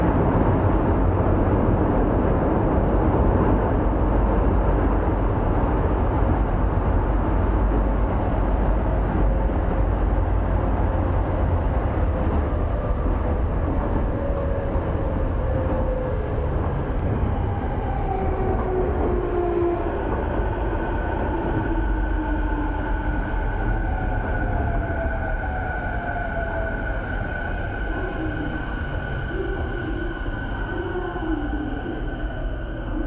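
A train ride home in Tokyo, with a steady, dense low rumble that never lets up for the whole stretch. Gliding whining tones rise and fall through the middle, growing clearer after about twenty seconds, and a thin high whine holds near the end.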